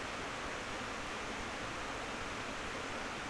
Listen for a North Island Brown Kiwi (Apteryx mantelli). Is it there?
no